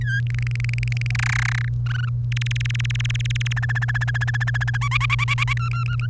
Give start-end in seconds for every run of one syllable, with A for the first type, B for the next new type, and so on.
0.01-0.20 A, 0.27-1.11 B, 1.15-1.68 C, 1.86-2.09 D, 2.32-3.53 E, 3.56-4.77 F, 4.81-5.53 G, 5.57-6.06 H